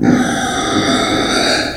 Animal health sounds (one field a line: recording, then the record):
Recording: squeal of a Yucatan mini pig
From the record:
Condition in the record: before surgery on the right vocal fold (resection and tissue-engineered implant)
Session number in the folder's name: 3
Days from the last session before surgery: 0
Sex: female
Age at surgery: 19 weeks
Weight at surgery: 25 kg